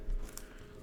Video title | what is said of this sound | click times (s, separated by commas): Relax and Build [LEGO Set 40638] With Me - Heart Ornament | And clicking this one into place. | 0.4 s